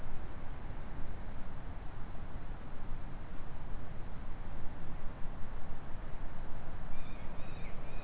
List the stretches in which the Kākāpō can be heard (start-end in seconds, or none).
none